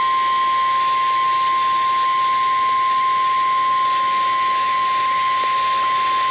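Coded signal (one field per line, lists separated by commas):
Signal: Emergency Alert System (SAME) tones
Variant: 1050 Hz attention tone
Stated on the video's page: Played through new TV speakers that make it sound bad.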